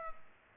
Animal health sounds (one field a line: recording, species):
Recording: mosquito wingbeat signal from an infrared sensor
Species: Culex pipiens